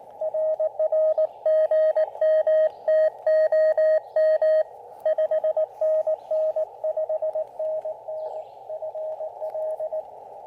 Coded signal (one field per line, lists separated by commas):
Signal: Morse code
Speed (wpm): 20 wpm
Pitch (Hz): 590 Hz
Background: radio noise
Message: RR GM TOM 5NN 5NN FL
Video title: Soggy POTA: Even propagation can't dampen my POTA spirit with the Elecraft KX2 and AX1 combo!